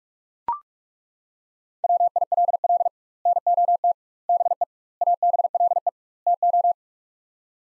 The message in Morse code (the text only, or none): WILL NOT BE ABLE TO